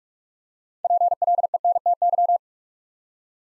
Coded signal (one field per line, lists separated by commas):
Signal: Morse code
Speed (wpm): 44 wpm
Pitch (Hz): 700 Hz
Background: none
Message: PLENTY